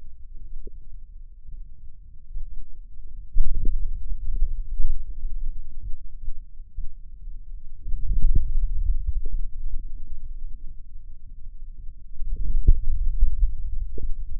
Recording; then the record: forearm muscle sounds (acoustic myography)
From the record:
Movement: hand closing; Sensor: system 2, bracelet of six BSWA MPA416 microphones around the upper forearm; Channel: 6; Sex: male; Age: 22 years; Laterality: right